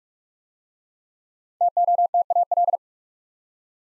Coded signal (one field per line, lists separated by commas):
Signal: Morse code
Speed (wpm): 44 wpm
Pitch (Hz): 700 Hz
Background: none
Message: TOTAL